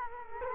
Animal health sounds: mosquito wingbeat signal from an infrared sensor; Culex quinquefasciatus

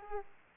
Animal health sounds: mosquito wingbeat signal from an infrared sensor; Aedes aegypti

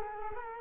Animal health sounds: mosquito wingbeat signal from an infrared sensor; Culex quinquefasciatus

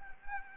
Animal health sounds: mosquito wingbeat signal from an infrared sensor; Anopheles arabiensis

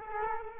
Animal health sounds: mosquito wingbeat signal from an infrared sensor; Culex quinquefasciatus

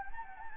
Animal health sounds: mosquito wingbeat signal from an infrared sensor; Anopheles gambiae

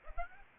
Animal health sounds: mosquito wingbeat signal from an infrared sensor; Aedes aegypti

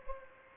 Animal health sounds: mosquito wingbeat signal from an infrared sensor; Anopheles gambiae

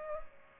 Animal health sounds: mosquito wingbeat signal from an infrared sensor; Culex pipiens

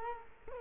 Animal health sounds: mosquito wingbeat signal from an infrared sensor; Culex quinquefasciatus

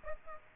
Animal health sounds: mosquito wingbeat signal from an infrared sensor; Aedes aegypti

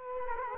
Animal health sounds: mosquito wingbeat signal from an infrared sensor; Culex quinquefasciatus

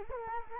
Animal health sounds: mosquito wingbeat signal from an infrared sensor; Culex quinquefasciatus

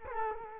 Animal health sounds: mosquito wingbeat signal from an infrared sensor; Culex quinquefasciatus

